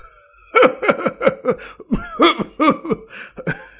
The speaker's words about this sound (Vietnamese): Cho tới giờ phút này, lão già mặc lục bào mới hoàn toàn yên tâm, cất tiếng cười ha hả. Chẳng qua mới cười được vài tiếng thì lại ho khan kịch liệt.